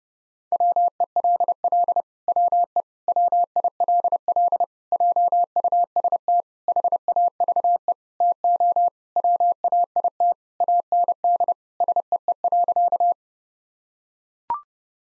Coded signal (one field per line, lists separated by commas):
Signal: Morse code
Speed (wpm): 32 wpm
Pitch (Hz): 700 Hz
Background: none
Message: WELL WE WILL JUST HAVE TO WAIT AND SEE.